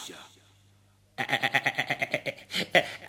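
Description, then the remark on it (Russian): A ram bleats in a long, quavering call of rapid pulses, loud and nasal, rising near the end, following a quiet stretch with faint murmuring and a low steady hum. “Ты, баран, меня боишься?”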